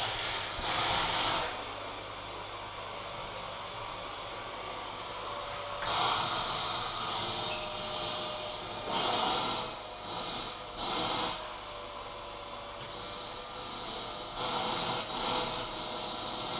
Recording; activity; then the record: daily activity, microphone in the room; vacuum cleaning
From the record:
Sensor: 5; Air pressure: 991.2 hPa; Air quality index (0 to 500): 122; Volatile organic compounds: 47 ppm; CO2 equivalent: 3247 ppm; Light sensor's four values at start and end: 33/106/40/43 and 35/113/43/45